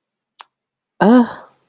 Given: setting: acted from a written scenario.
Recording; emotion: vocal sound without words; contempt